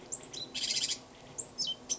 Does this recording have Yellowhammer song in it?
no